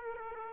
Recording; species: mosquito wingbeat signal from an infrared sensor; Aedes aegypti